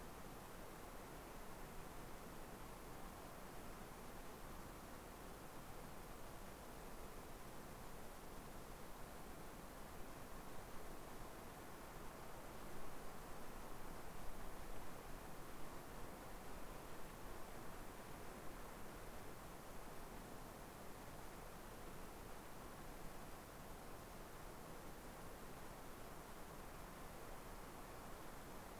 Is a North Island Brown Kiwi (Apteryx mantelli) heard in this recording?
no